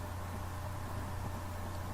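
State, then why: Not seated. A retaining clip is brought to the small groove on a printer drum shaft and lined up by hand, and the clip has not snapped into place yet. Only a steady low hum with broadband noise is heard, with no distinct click.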